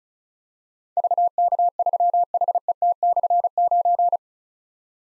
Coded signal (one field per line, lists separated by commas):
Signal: Morse code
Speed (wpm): 36 wpm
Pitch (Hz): 700 Hz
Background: none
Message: VK3HET/9